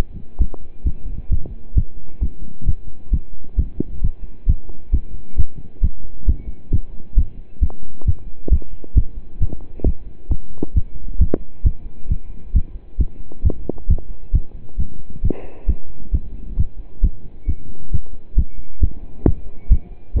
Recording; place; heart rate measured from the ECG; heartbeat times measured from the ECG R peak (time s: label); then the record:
heart sounds by stethoscope; between the tricuspid and mitral areas; 134 bpm
0.40 s: heartbeat
0.85 s: heartbeat
1.31 s: heartbeat
1.76 s: heartbeat
2.22 s: heartbeat
2.67 s: heartbeat
3.12 s: heartbeat
3.58 s: heartbeat
4.03 s: heartbeat
4.48 s: heartbeat
4.93 s: heartbeat
5.37 s: heartbeat
5.82 s: heartbeat
6.27 s: heartbeat
6.72 s: heartbeat
7.17 s: heartbeat
7.62 s: heartbeat
8.06 s: heartbeat
8.51 s: heartbeat
8.96 s: heartbeat
9.41 s: heartbeat
9.85 s: heartbeat
10.30 s: heartbeat
10.75 s: heartbeat
11.20 s: heartbeat
11.65 s: heartbeat
12.09 s: heartbeat
12.54 s: heartbeat
12.99 s: heartbeat
13.44 s: heartbeat
13.89 s: heartbeat
14.33 s: heartbeat
14.78 s: heartbeat
15.23 s: heartbeat
15.68 s: heartbeat
16.13 s: heartbeat
16.58 s: heartbeat
17.03 s: heartbeat
17.48 s: heartbeat
17.92 s: heartbeat
18.37 s: heartbeat
18.82 s: heartbeat
19.26 s: heartbeat
19.70 s: heartbeat
20.15 s: heartbeat
From the record:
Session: pedaling a stationary bicycle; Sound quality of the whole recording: partially saturated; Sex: male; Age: 27 years